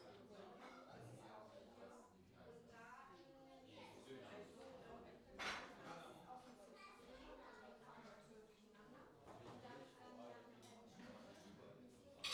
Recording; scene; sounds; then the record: everyday scene through a hearing-aid microphone; many people talking; many voices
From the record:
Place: parish hall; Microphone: in the ear canal, left